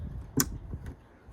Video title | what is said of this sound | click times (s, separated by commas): MK6 Golf R LED taillight installation | feel it click in and then the locking tab goes in place | 0.4 s